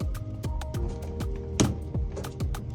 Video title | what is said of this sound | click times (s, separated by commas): Installing a 𝗪𝗶-𝗙𝗶 𝗮𝗰𝗰𝗲𝘀𝘀 𝗽𝗼𝗶𝗻𝘁 is simple when you do it right. | just get in here and just clip it. Just | 1.6 s